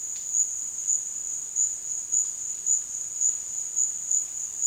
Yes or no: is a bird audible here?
no